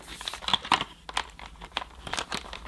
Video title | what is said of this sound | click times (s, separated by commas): Samsung Jet 90 Pro Vacuum Cleaner Plus Clean Station Demonstration & Review | make sure it's clicked in place there we are | 1.2 s